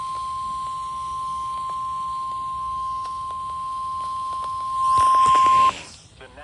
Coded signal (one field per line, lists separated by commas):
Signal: Emergency Alert System (SAME) tones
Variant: 1050 Hz attention tone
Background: speech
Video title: EAS Alerts from 7/11/25 (EAS: 117 - 125)